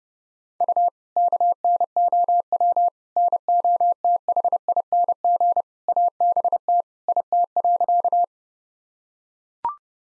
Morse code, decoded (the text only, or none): U KNOW NOTHING ABT IT.